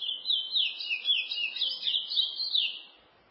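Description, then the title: Chestnut-bellied seed finch song: a continuous warbling stream of high, rapid up-and-down whistled notes lasting about three seconds. "Canto De Curio"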